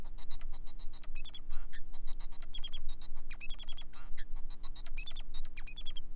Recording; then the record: song of a male Bengalese finch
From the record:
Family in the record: son of father 4